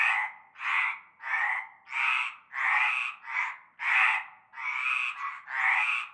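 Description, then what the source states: Frogs croaking in a chorus, rasping bursts repeated roughly every two-thirds of a second, overlapping and slightly uneven in rhythm. Chorus of frogs heard from nightfall in a large concrete basin holding stagnant greenish water, Avenue Cante Coucou, La Ciotat, Bouches-du-Rhône, France.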